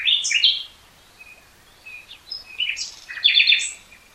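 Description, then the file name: Common nightingale singing varied phrases, with sharp chirps at the start, quiet whistles in between, then a loud burst of rapid notes. "Luscinia megarhynchos"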